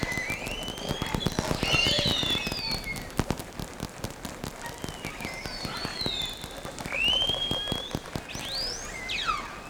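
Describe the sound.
Whale whistles and upsweeps among dense crackling and clicking noise, with a cluster of falling squeals at the end.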